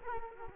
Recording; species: mosquito wingbeat signal from an infrared sensor; Culex quinquefasciatus